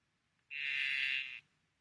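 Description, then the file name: Blue poison dart frog giving a single steady buzzing trill, high and even in pitch, lasting just under a second against a quiet background. "tinctorius azureus calling"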